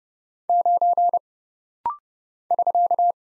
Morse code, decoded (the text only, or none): 9 <SK>